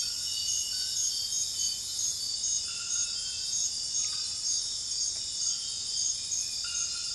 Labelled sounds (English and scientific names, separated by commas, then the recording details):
none
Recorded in secondary vegetation near Puerto Asís, Putumayo, Colombia, on 20 February 2024 at 04:30
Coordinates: 0.481, -76.323
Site G6376